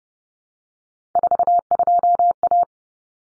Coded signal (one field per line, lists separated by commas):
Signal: Morse code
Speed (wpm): 30 wpm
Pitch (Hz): 700 Hz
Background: none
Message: 42A